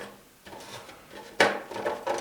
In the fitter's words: wait until they snap